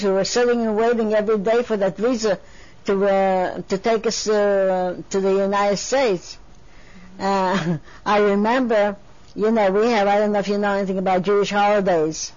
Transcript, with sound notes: We were sitting an waiting every day for that visa to take us to the United States. (She laughs.) I remember, you know, we had, I don't know if you know anything about Jewish holidays?